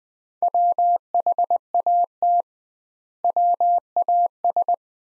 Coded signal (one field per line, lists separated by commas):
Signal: Morse code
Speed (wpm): 21 wpm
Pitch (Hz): 700 Hz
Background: none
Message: WHAT WAS